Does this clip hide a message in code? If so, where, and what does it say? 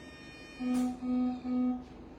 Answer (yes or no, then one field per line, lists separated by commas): no